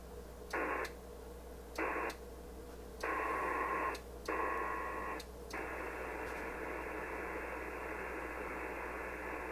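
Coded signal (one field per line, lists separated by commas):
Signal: HF data modem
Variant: PACTOR-III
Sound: bursts of wideband hissing data with brief pauses, then continuous data hiss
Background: radio static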